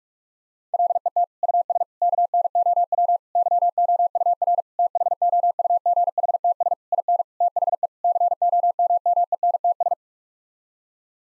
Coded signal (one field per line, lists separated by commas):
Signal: Morse code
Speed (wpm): 46 wpm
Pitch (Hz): 700 Hz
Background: none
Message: LET US KNOW YOUR THOUGHTS IN THE COMMENTS